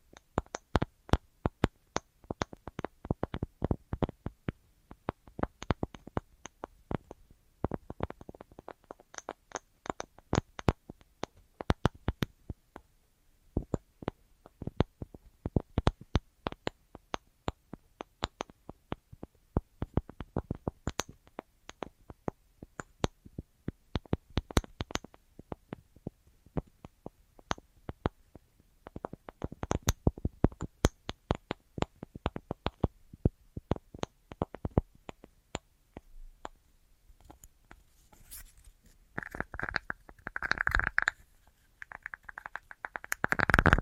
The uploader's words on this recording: ASMR Tingliest Tapping Assortment for Sleep (No Talking).